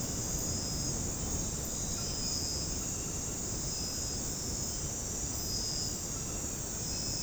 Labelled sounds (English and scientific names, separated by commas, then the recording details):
none
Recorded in dense forest near Puerto Asís, Putumayo, Colombia, on 21 February 2024 at 01:00
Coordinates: 0.486, -76.316
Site G6437